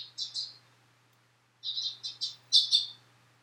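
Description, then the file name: Sparrow chirps, a few short bright notes followed after a pause by a quick run of about six clipped tweets, with a faint low steady hum underneath. "suzume"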